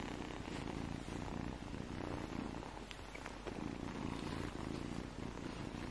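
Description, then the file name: Kitten purring in a continuous low, rough rumble that pulses steadily throughout, with slight rises and falls in loudness. Baby kittens relaxing, purring and sleeping, domestic, recorded 21 June 2020. "Time for Relaxation, Purring and Sleep - Cute Baby kittens - 21-06-20"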